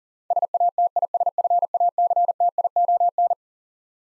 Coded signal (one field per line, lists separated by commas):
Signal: Morse code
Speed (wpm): 40 wpm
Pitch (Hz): 700 Hz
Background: none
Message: SATISFACTION